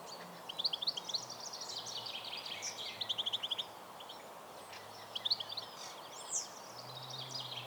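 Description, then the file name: European goldfinch giving several short runs of fast, bright ticking notes, separated by pauses, over steady background noise. "Carduelis carduelis"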